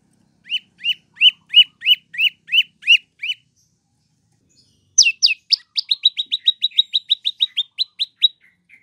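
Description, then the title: Prinia song: a slow series of about nine clipped chirps, a pause, then a faster run of high, sharp notes repeated steadily. "Masteran Terapi Prenjak Durasi Panjang"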